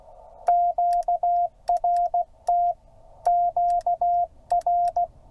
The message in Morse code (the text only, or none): QRT QR